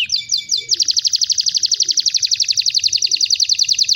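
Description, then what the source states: Belgian canary song, loud and rapid: a quick rolling trill, then a steady, fast, pulsing high trill that continues to the end. Copper-coloured.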